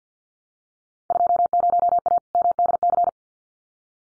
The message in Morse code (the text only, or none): 20A MDC